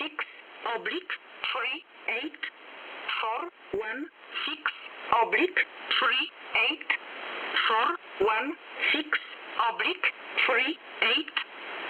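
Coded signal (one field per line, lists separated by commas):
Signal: numbers station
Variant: E11A Oblique, English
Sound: synthetic voice repeating "four one six, three eight" over and over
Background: radio static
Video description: Agencja wywiadu numbers station. ID 416, 38 groups.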